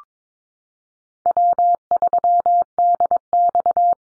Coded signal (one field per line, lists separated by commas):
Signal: Morse code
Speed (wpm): 22 wpm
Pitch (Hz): 700 Hz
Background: none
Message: W3DX